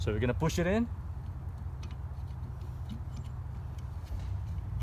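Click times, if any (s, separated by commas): none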